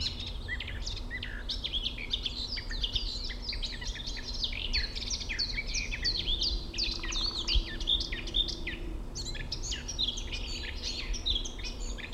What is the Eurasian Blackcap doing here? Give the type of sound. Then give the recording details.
song. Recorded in the wild. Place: Mirnock, Nockberge, Kärnten, AT. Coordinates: 46.758, 13.7144. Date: 1969-04-18. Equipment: Uher 4000. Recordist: Brunner, Thomas. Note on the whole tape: Mönchsgrasmücke, Gesang. Mirnock, beim Stampferstall